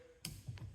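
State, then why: Seated. A wiper blade adapter clip is pushed over the top of the wiper arm hook and clicks into place at 0.3 s with a sharp, bright snap. A fainter tick follows at about 0.6 s, and the clip is seated on the arm.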